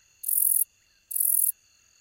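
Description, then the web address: Robust shieldback katydid giving two raspy high buzzes, each around 0.4 seconds, separated by a short pause, with soft continuous insect hum underneath. "The Songs of Insects. Robust Shieldback Katydid"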